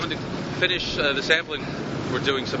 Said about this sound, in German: Während die Seal Mara durch leichte Wellen an der dünn besiedelten bergigen Küste entlang schippert